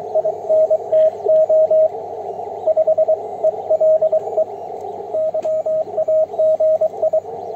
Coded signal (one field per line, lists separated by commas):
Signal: Morse code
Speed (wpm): 21 wpm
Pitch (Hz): 630 Hz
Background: radio noise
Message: INTO 5ELE YAGI